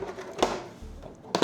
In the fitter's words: You should hear a “click click click click” sound Four clicks and you're good to go